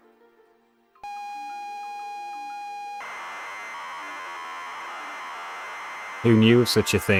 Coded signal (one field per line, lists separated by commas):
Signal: ZX Spectrum tape loading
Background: speech